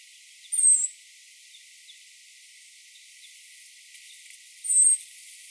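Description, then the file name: European robin uttering two high, thin, slightly descending whistled notes about four seconds apart over faint background hiss. "Erithacus rubecula"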